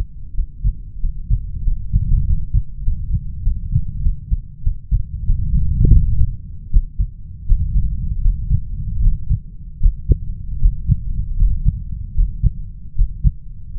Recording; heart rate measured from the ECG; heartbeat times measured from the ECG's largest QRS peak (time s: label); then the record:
heart sounds by stethoscope; 85 bpm
0.32 s: heartbeat
0.98 s: heartbeat
1.62 s: heartbeat
2.22 s: heartbeat
2.82 s: heartbeat
3.41 s: heartbeat
4.01 s: heartbeat
4.61 s: heartbeat
5.24 s: heartbeat
5.90 s: heartbeat
6.70 s: heartbeat
7.45 s: heartbeat
8.20 s: heartbeat
9.00 s: heartbeat
9.79 s: heartbeat
10.59 s: heartbeat
11.36 s: heartbeat
12.14 s: heartbeat
12.94 s: heartbeat
13.73 s: heartbeat
From the record:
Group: healthy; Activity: Valsalva maneuver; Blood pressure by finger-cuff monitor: 105/78 mmHg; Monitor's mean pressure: 91 mmHg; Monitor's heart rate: 80 bpm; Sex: male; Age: 20 years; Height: 187 cm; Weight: 68.9 kg